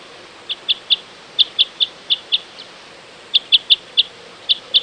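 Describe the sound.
Common crossbill giving clipped, metallic 'kip' calls in small uneven groups with brief gaps between them.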